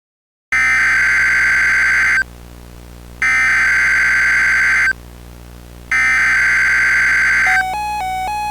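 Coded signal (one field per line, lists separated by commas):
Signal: Emergency Alert System (SAME) tones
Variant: header bursts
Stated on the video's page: Fictional April Fools EAS scenario, a made-up simulated alert.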